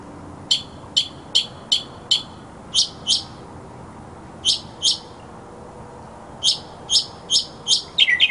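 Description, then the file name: Mockingbird song: sharp, high, clipped notes in short series and pairs with pauses between, ending in a quick run. Mockingbird song recording presented as masteran, a tutor recording for training songbirds. "suara masteran mockingbird"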